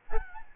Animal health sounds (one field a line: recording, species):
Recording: mosquito wingbeat signal from an infrared sensor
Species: Aedes albopictus